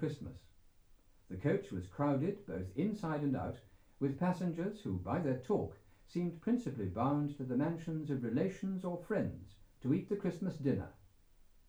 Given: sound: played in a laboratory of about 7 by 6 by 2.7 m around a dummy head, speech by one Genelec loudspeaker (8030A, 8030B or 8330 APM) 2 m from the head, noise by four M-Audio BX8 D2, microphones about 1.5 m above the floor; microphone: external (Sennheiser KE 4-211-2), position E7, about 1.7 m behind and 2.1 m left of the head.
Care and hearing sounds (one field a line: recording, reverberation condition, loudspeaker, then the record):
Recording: male speech in English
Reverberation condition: low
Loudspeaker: 150 degrees to the left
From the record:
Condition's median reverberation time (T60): about 310 ms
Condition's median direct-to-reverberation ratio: about 3.5 dB